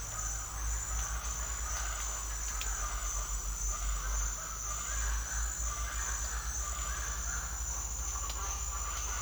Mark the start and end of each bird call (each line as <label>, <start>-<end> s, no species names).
bird call, 0.00-9.22 s